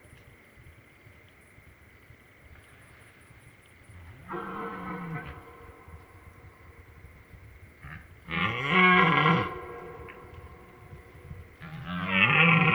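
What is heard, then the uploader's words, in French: Three rival males bellow in turn, deep harsh calls near 4, 8 and 12 seconds, over a distant river's rumble and a steady insect whine. 23h15 - Drôme - Mixpr3 - Binaural - 2Xmkh8020. Huit jours après mon premier enregistrement de brame, cela continu grâce à trois mâles qui se confrontent régulièrement.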